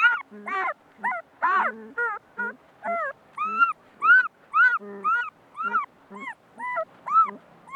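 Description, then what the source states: Dog: puppy whimpering, a string of short bent whines repeated roughly every half second, the first few more strained and overlapping, then evenly spaced. Puppies whining and whimpering.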